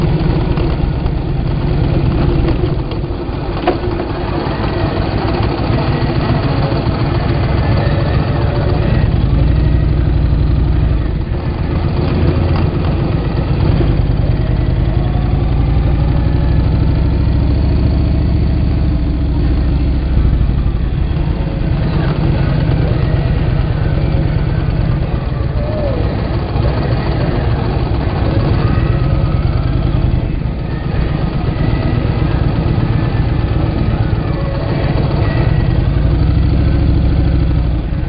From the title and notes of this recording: This is just a quick video taken while riding across Hoover Dam.